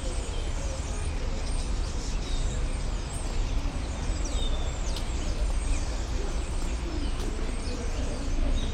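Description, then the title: Common starlings calling together, a constant mix of thin whistled slides and chattering notes, with loud low city traffic noise underneath throughout. Hundreds of starlings gathered on a crane in Rue de Flandre, Brussels, Belgium; recorded with Sony PCM-M10 internal microphones. "Bruxelles, Belgique, Rue de Flandre - hundreds of starlings on a crane"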